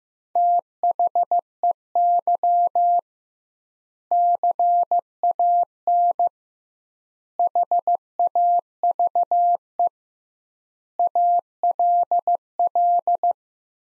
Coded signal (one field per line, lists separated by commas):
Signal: Morse code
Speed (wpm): 15 wpm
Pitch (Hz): 700 Hz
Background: none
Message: THEY CAN HAVE ALL